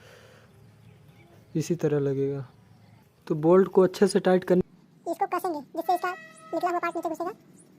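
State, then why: Not seated. A timing chain tensioner is handled for fitting into a Platina Comfortec BS6 motorcycle engine while someone talks. The tensioner has not seated or clicked yet.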